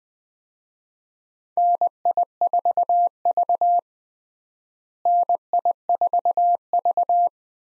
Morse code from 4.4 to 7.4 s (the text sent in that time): NI4V